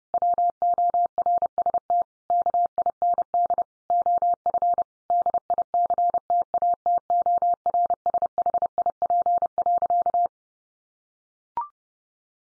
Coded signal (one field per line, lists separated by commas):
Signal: Morse code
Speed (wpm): 30 wpm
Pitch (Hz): 700 Hz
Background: none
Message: WORST KIND OF DICTATORSHIP.